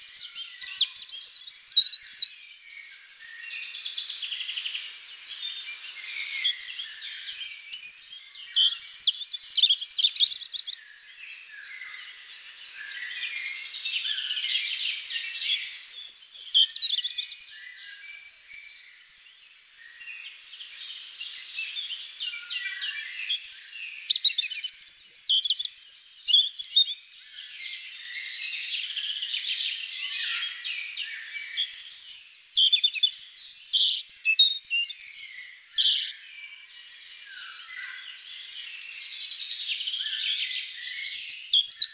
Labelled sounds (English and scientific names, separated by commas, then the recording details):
European Robin (Erithacus rubecula) song
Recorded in the wild
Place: Oberrotweil am Kaiserstuhl, Baden-Württemberg, DE
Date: 1992-05-06
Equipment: Dat-Recorder Casio DA 7, Telinga DAT, Telinga-Parabolspiegel
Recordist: Schwarz, Dieter